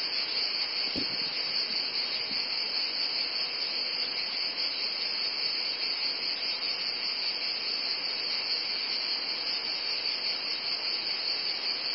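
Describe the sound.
Cicadas droning in a steady, piercing high buzz without pause, with a short click early on.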